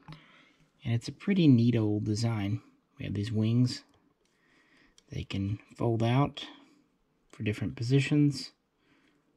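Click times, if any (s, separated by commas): none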